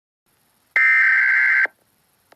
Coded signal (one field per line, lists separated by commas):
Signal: Emergency Alert System (SAME) tones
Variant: header bursts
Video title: EAS SCENARIO: Open Season